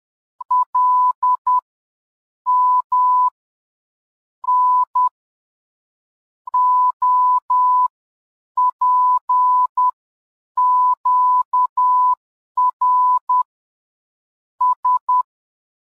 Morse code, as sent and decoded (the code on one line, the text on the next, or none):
.-.. -- / -. / --- .--. --.- .-. / ...
LM N OPQR S